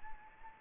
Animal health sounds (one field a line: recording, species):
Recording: mosquito wingbeat signal from an infrared sensor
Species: Anopheles arabiensis